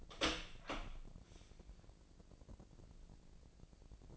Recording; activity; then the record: daily activity, microphone in the room; open door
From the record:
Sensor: 5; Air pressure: 1012.4 hPa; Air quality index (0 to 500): 159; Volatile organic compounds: 2 ppm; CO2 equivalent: 1087 ppm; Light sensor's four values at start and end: 239/581/244/268 and 242/588/246/271